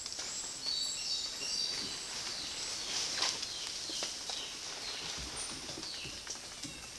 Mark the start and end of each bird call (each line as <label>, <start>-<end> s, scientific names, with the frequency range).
Pteroglossus castanotis (2.3-4.9 kHz), 0.57-2.06 s
Cyanocorax violaceus (2.2-5.2 kHz), 2.21-6.19 s